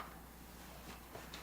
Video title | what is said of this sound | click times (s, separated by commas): How an adjustable Electric Bed Lift System works | And it just pops right in. | 0.0 s, 1.3 s